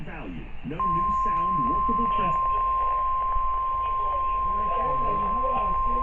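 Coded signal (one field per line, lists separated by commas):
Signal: Emergency Alert System (SAME) tones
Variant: 1050 Hz attention tone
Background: speech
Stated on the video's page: NOAA Weather Radio severe weather alerts.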